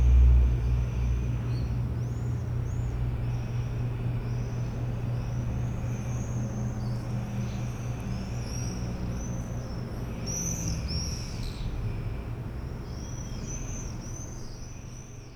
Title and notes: 4 Rue Vaugelas, 73100 Aix-les-Bains, France - Les martinets. Le ballet des martinets au dessus des toits d'Aix-les-bains depuis la cour de la MJC un dimanche matin